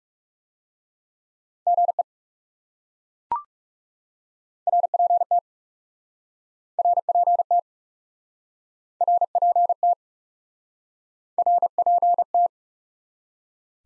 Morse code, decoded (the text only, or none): GE RPT RPT RPT RPT